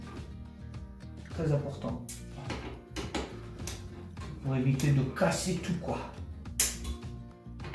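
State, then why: Seated. A spring-loaded mounting screw of a Cooler Master CPU air cooler is tightened into the motherboard backplate bracket, and it bottoms out with a small sharp tick at 6.6 s, showing it is seated. Someone talks throughout, with music in the background and a few lighter knocks earlier on.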